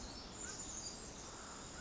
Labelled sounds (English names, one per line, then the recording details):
Pacific Wren
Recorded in Sonoma County, California